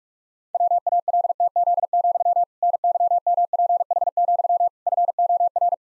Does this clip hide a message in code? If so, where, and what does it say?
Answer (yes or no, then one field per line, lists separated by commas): yes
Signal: Morse code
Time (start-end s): 0.5-5.7 s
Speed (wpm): 46 wpm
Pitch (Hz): 700 Hz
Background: none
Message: WALTZ, NYMPH, FOR